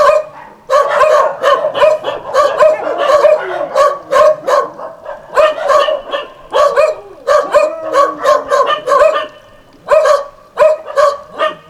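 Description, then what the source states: Several dogs barking in long volleys of rapid sharp yaps, with a few brief pauses between bursts. Several dogs at El Borge.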